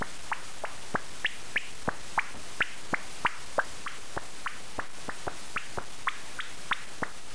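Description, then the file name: Common noctule echolocation calls heard as sharp clicks, about three per second at a slightly uneven pace, over steady background noise. "Noctule-echolocation-call Philip-Briggs"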